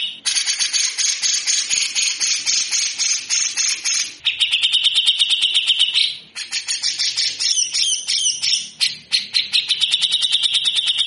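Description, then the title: Grey-cheeked bulbul giving a harsh, rapid rattling song, dense buzzy pulses in long bursts with a brief pause near four seconds and another near six. Tutor recording (masteran) used for training birds; bird singing actively (gacor) in the coarse rattling besetan kasar song style, long duration. "MASTERAN CUCAK JENGGOT GACOR FULL BESETAN KASAR DURASI PANJANG"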